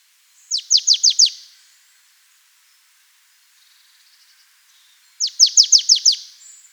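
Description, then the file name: Marsh tit uttering two rapid runs of high, downslurred notes separated by a pause, with a faint soft twittering briefly heard in the gap. "Poecile palustris"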